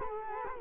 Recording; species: mosquito wingbeat signal from an infrared sensor; Culex quinquefasciatus